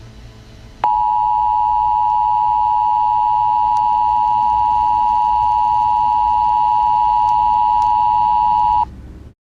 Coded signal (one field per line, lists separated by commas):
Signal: Emergency Alert System (SAME) tones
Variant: 853 and 960 Hz attention tone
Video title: Another Channel Update + New EAS Scenario Preview